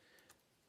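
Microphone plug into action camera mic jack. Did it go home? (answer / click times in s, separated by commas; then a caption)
no / none. An external Movo microphone's plug is pushed against the external mic slot on an accessory for an Insta360 Go3 action camera, but it does not fit and will not go in. Only a single faint tick is heard at 0.3 s over a low steady background. Nothing has seated or clicked.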